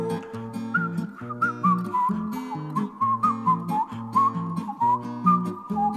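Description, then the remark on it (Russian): A thin, wavering whistle glides through a playful tune over steady instrumental backing with bouncing low chords, its notes sliding up and down at a bright, moderate loudness. “Ёжик резиновый шел, насвистывал дырочкой в правом боку.”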